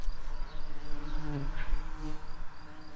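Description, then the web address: Tree bumblebee buzz: a soft, continuous low drone with faint overtones that swells and fades unevenly, with a faint high chirping repeated in the background. Queen. "Hypnorum queens"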